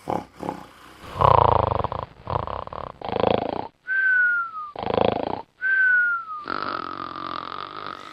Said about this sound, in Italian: Ecco che cosa disturba le nostre notti, un compagno che russa e il partner si attrezza.